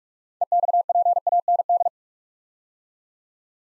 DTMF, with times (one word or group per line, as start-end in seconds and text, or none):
none